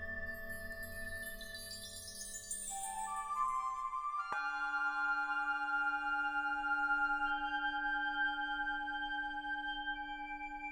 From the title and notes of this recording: This meditation has been recorded with a selection of real Tibetan (or singing) Bowls which produce a very soothing sound. These bowls have been recorded live in order to preserve the subtle sounds of the harmonic overtones they produce.